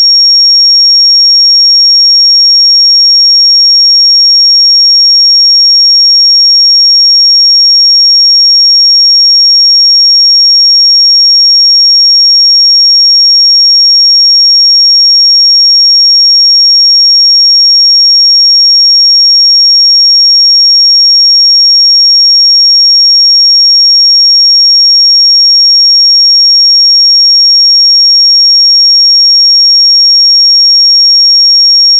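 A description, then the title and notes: A pure 5560 Hz sine tone holds perfectly steady and bright for the whole clip, with no other sounds around it. 5560 Hz 1 Hz Interval Sine Pure Tone Frequency 441000 Sample Mono.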